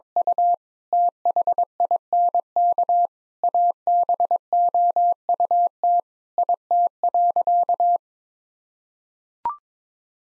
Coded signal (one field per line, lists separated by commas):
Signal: Morse code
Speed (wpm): 22 wpm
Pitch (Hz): 700 Hz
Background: none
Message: U THINK ABOUT IT.